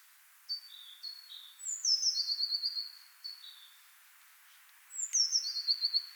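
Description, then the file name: Eurasian blue tit calling: short high notes stepping down in pitch, alternating with high notes running into longer buzzy trills. "Cyanistes caeruleus"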